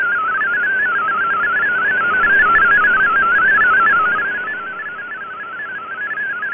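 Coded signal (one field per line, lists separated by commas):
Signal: multi-tone FSK (Olivia or MFSK type)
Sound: rapid burbling stream of stepping pitched tones over shortwave hiss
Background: radio static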